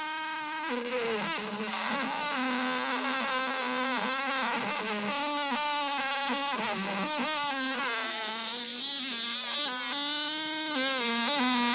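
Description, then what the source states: Fly buzzing continuously, a droning hum that keeps wavering, dipping and climbing in pitch as the wingbeat changes. Trapped fly.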